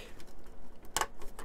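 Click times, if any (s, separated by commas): 1.0 s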